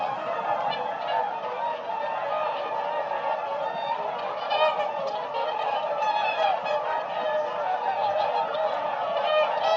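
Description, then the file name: Whooper swan flock giving continuous honking calls, many birds overlapping in a thick chorus. "audio hero Bird Whooper Swan"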